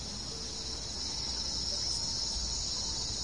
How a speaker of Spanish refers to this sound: Solo el ruido de las palomas negras y de los grillos interrumpe su profundo pensamiento.